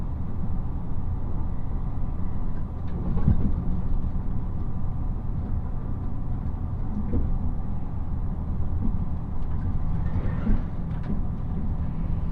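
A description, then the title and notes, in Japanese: A steady, low rumble fills the inside of a Nishi-Kyushu Shinkansen train running from Nagasaki toward Saga. The dense roar stays even throughout, with a thin whine above it and faint clicks and knocks from the track around 3 and 10 seconds. 西九州新幹線 長崎→佐賀。西九州新幹線の全線通し、全駅停車の列車に乗って佐賀まで向かいます。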